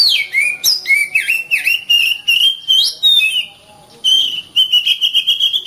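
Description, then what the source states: Oriental magpie-robin song: continuous rich whistled phrases with swooping slides and clicks, a brief pause, then steadier whistled notes with rapid chirps. Kacer master song used for training birds.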